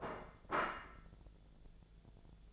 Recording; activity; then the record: daily activity, microphone in the room; place plate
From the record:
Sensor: 5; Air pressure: 1000.3 hPa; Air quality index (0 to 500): 124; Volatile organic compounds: 2 ppm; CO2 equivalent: 982 ppm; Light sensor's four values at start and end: 107/252/108/117 and 107/253/108/117